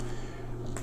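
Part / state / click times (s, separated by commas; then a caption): recoil spring guide rod into pistol slide under barrel / seated / 0.8 s. The recoil spring and guide rod of a Browning Hi-Power 9mm pistol are fitted spring end first into the steel slide and barrel assembly, under the barrel. A steady low hum runs until a short, sharp click at 0.8 s. The guide rod clicks into place and is seated.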